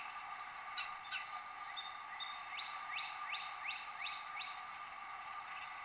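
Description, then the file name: Northern cardinal song fragment: a series of several slurred whistled notes, unevenly spaced, faint against steady background hum and hiss. Partial song, recorded on 4 February. "NOCA-4-Feb-partial-song"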